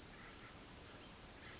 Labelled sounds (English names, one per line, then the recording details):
Western Flycatcher
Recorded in Sonoma County, California